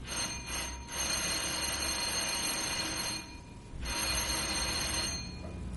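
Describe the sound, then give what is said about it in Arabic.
The doorbell of actor Emad Hamdi's apartment rings twice: two long, loud electric rings with a harsh, rattling metallic buzz, separated by a brief pause, with no voices. “احنا دلوقتي واقفين قدام باب الشقة وهنضرب الجرس.”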